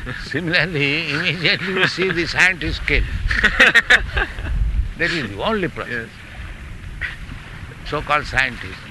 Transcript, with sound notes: Similarly, immediately we see the scientists, kill. [laughter] That is the only proccess, so-called scientists.